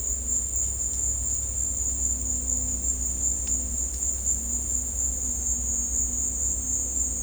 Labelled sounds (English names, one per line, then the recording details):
none
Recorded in dense forest near Puerto Asís, Putumayo, Colombia, on 16 December 2024 at 15:30
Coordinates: 0.466, -76.327
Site G075